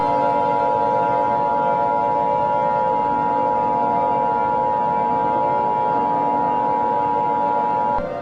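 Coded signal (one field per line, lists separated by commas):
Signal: Emergency Alert System (SAME) tones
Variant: 853 and 960 Hz attention tone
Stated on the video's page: Fictional EAS test scenario with valid tones; no alert was actually issued.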